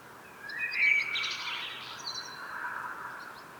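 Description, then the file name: Common blackbird warbling phrase, smeared and blurred, with a brief mellow whistle followed by rougher higher notes. "Turdus merula"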